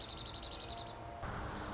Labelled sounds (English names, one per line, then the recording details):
Dark-eyed Junco
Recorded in Sonoma County, California